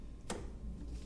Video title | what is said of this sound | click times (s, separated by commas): Yogi's Tech Tip: Fixing the Retractable Spoiler on my PORSCHE 911! | pops right in just like that okay | 0.3 s